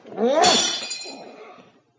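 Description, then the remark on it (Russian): A glass carafe smashes with one sharp, loud crash, followed by bright ringing and scattered tinkling shards that fade out over about a second before silence. “Разбил графин, и тебя разобью.”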